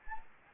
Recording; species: mosquito wingbeat signal from an infrared sensor; Anopheles gambiae